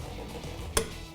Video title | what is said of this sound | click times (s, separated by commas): How to Rotate your Tires | once you get it snug press up on this and once you hear it click right | 0.8 s